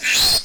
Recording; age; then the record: pig call; piglet (1 to 25 days)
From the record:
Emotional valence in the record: negative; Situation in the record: restrain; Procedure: sham castration, fixation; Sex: male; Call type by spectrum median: high-frequency call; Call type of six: high-frequency modulated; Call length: 0.45 s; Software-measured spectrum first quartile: 3329 Hz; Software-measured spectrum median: 4351 Hz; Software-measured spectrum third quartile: 6605 Hz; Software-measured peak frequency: 4264 Hz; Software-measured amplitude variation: 91 dB a second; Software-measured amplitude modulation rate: 16.5 a second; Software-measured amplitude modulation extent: 5.5 dB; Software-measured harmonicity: 3.5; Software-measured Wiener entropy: -1.90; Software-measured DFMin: 916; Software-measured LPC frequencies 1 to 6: 842, 1799, 2576, 3619, 4205, 4963 Hz